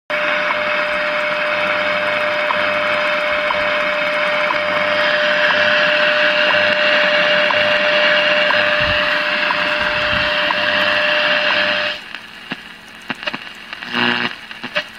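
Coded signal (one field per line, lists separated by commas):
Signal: radio time signal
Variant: WWV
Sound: loud hiss with a steady mid-pitched tone, then crackly fading static at the end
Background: radio static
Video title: RCA 3BX 671 WWV at 5 0 MHz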